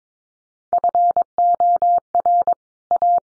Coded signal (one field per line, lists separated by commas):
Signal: Morse code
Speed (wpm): 22 wpm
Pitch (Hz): 700 Hz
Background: none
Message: FOR A